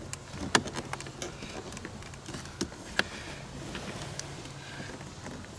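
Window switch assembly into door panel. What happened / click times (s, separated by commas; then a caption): The switch assembly snapped home in the door panel / 0.6 s. A Chevy Traverse window switch assembly is pushed back while its front is pressed down into the plastic door panel. A sharp snap at 0.5 s marks it seating fully home, over a low steady background hum with scattered small rattles and a second sharp click near 3.0 s.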